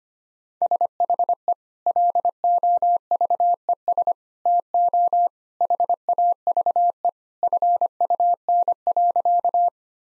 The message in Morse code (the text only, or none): SHE LOVES TO HAVE FUN.